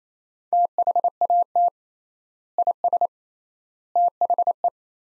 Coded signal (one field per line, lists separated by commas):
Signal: Morse code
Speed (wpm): 27 wpm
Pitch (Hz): 700 Hz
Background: none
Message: THAT IS THE